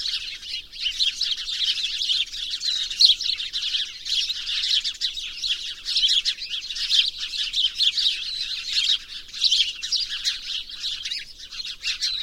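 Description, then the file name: House sparrows chirping constantly, a dense chorus of short, bright overlapping chirps that never pauses, swelling and fading in intensity throughout. "Passer domesticus"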